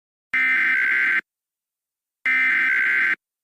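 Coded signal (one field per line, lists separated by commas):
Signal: Emergency Alert System (SAME) tones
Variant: header bursts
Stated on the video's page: Fictional EAS scenario made in Canva; the EAS tones are deliberately invalid.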